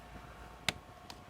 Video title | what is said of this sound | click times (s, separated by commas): Mastering the Art of Laptop Screen Replacement | And you'll hear it snap, and you know you got it in. | 0.7 s